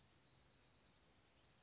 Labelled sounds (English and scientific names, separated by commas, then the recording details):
House Wren (Troglodytes aedon)
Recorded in Sonoma County, California